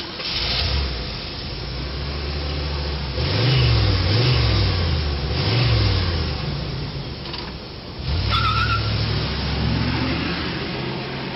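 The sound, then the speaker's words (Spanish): A car engine runs steadily, then revs up and down in a few rising and falling surges as the driver gets into the car and drives away, a loud low rumble with no voices. “Y este, tras devolverles el saludo, subió en el coche y se marchó de allí sin más.”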